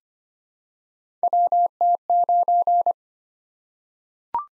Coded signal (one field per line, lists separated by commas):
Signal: Morse code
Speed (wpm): 25 wpm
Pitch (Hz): 700 Hz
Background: none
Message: WT9